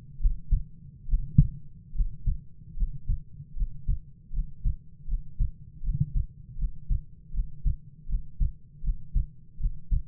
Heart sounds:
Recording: heart sounds by stethoscope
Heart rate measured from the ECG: 77 bpm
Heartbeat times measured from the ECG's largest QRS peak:
0.19 s: heartbeat
1.06 s: heartbeat
1.93 s: heartbeat
2.75 s: heartbeat
3.54 s: heartbeat
4.31 s: heartbeat
5.06 s: heartbeat
5.81 s: heartbeat
6.56 s: heartbeat
7.32 s: heartbeat
8.07 s: heartbeat
8.82 s: heartbeat
9.58 s: heartbeat
From the record:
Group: healthy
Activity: Valsalva maneuver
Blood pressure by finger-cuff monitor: 91/55 mmHg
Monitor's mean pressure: 61 mmHg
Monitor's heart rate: 76 bpm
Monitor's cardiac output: 7.6 L/min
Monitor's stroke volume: 103 mL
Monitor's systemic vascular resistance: 540 dyn s/cm5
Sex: male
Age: 22 years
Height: 185 cm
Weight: 112.4 kg

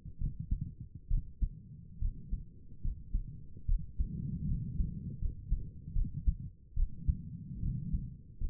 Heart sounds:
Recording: heart sounds by stethoscope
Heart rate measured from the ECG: 73 bpm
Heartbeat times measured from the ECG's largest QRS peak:
0.19 s: heartbeat
1.09 s: heartbeat
2.00 s: heartbeat
2.82 s: heartbeat
3.67 s: heartbeat
4.47 s: heartbeat
5.20 s: heartbeat
5.94 s: heartbeat
6.75 s: heartbeat
7.61 s: heartbeat
8.39 s: heartbeat
From the record:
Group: healthy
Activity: cold pressor test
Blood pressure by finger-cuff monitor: 86/56 mmHg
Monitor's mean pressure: 65 mmHg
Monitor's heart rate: 72 bpm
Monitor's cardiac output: 5.5 L/min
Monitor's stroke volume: 79 mL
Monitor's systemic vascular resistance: 820 dyn s/cm5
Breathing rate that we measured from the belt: 22 breaths a minute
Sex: female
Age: 22 years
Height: 163 cm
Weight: 67.1 kg

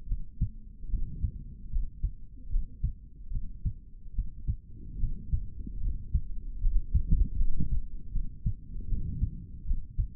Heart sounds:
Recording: heart sounds by stethoscope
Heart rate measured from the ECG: 75 bpm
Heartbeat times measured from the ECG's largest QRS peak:
0.06 s: heartbeat
0.88 s: heartbeat
1.70 s: heartbeat
2.49 s: heartbeat
3.30 s: heartbeat
4.13 s: heartbeat
4.98 s: heartbeat
5.81 s: heartbeat
6.60 s: heartbeat
7.37 s: heartbeat
8.11 s: heartbeat
8.87 s: heartbeat
9.65 s: heartbeat
From the record:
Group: healthy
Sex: male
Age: 55 years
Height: 167 cm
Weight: 57.2 kg

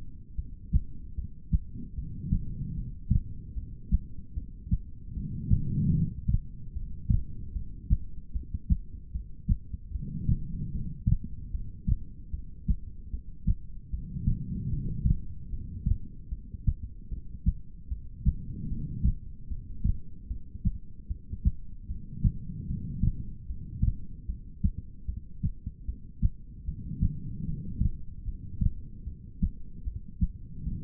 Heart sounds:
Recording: heart sounds by stethoscope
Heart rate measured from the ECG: 75 bpm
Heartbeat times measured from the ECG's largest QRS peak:
0.36 s: heartbeat
1.15 s: heartbeat
1.95 s: heartbeat
2.75 s: heartbeat
3.54 s: heartbeat
4.34 s: heartbeat
5.13 s: heartbeat
5.94 s: heartbeat
6.73 s: heartbeat
7.53 s: heartbeat
8.32 s: heartbeat
9.12 s: heartbeat
9.91 s: heartbeat
10.71 s: heartbeat
11.51 s: heartbeat
12.31 s: heartbeat
13.10 s: heartbeat
13.90 s: heartbeat
14.70 s: heartbeat
15.50 s: heartbeat
16.29 s: heartbeat
17.09 s: heartbeat
17.88 s: heartbeat
18.68 s: heartbeat
19.48 s: heartbeat
20.28 s: heartbeat
21.07 s: heartbeat
21.87 s: heartbeat
22.66 s: heartbeat
23.46 s: heartbeat
24.26 s: heartbeat
25.06 s: heartbeat
25.85 s: heartbeat
26.65 s: heartbeat
27.45 s: heartbeat
28.25 s: heartbeat
29.04 s: heartbeat
29.84 s: heartbeat
30.63 s: heartbeat
From the record:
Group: heart failure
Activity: rest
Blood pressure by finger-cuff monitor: 98/73 mmHg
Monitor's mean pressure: 84 mmHg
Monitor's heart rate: 75 bpm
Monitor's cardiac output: 4.5 L/min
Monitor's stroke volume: 59 mL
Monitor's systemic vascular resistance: 1370 dyn s/cm5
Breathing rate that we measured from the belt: 14 breaths a minute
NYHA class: 2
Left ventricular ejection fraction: 58%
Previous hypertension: present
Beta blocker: bisoprolol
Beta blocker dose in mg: 5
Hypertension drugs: ramipril, spironolactone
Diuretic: furosemide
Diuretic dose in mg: 160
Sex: female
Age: 55 years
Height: 155 cm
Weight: 67 kg

